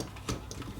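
Inside a disassembled Sony HDR-FX1 HD camcorder, a small internal flex ribbon cable connector is pressed back onto its mating socket on the circuit board. A short, sharp tick at 0.5 s marks the connector popping back on and seating.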